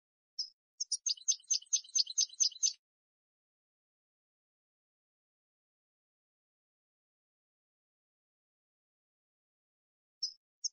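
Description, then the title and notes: European goldfinch giving a short burst of rapid, high chattering notes for about two seconds, followed by long silence and a couple of notes at the end. Clean goldfinch song, for copying in song training. "Cd Jilguero. Cd de canto de jilguero limpio para copia"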